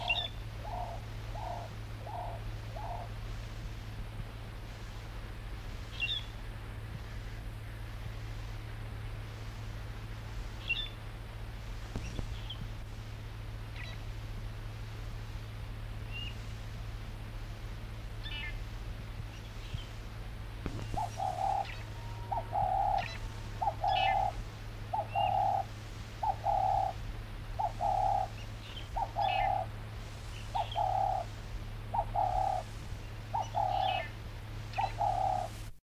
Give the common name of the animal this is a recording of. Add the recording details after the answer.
Fork-tailed Drongo. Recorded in the wild. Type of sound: call. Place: Farm Frauenstein. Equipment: Halbspur, 9,5 cm/s. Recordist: Lütgens, Hans. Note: Rufe, Aufnahmejahr unbekannt.(24.03.)